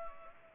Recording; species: mosquito wingbeat signal from an infrared sensor; Culex pipiens